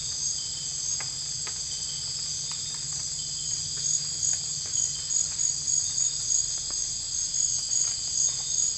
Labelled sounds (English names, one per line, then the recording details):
none
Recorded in dense forest near Puerto Asís, Putumayo, Colombia, on 20 December 2024 at 02:30
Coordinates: 0.484, -76.325
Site G056